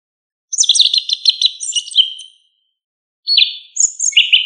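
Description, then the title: Thrush singing a long rich phrase of fluty and chattering notes, a pause, then a shorter whistled phrase ending low; quiet background otherwise. "Familia Turdidae - Sabia"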